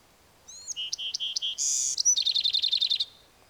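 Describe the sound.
Bewick's wren song: high intro notes, a few even mid-pitched notes, a harsh buzzy burst, then a fast trill of bright notes.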